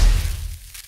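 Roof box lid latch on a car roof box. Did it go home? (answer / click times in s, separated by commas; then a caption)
no / none. The lid of a car roof box, packed with luggage, is being shut and its latch handled, producing a heavy low thud at the start that decays over the next half second, with a faint brief knock around 0.8 s. Nothing has seated or clicked yet; the clip ends just before the lid latch goes home.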